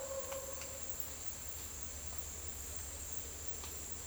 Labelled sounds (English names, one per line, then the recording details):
none
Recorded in secondary vegetation near Puerto Asís, Putumayo, Colombia, on 30 June 2025 at 11:00
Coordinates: 0.499, -76.323
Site G077